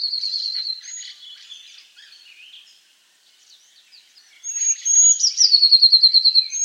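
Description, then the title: Eurasian blue tit singing: scattered soft twitters and chirps, then one clear phrase of high thin notes running into a rapid, slightly lower trill near the end. "Eurasian Blue Tit (Cyanistes caeruleus)"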